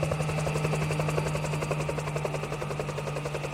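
A helicopter carrying a mining ministry state secretary and heavily armed police flies over seven mountains to Junín, with a steady, rapid rotor chop and a droning engine hum holding a constant loudness throughout. No one speaks.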